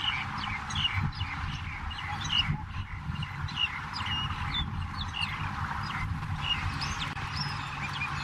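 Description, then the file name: Superb starling song, a varied run of chattering, squeaky notes and short whistles, set against a steady low rumble of background noise. "superb starling. omkicau"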